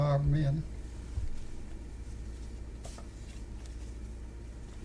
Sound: paper shuffling sounds

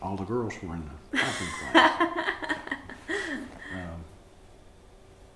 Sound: laughter

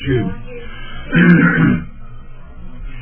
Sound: clears throat

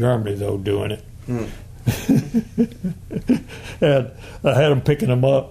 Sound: laughing

